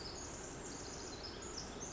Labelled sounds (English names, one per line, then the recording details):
Pacific Wren
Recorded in Sonoma County, California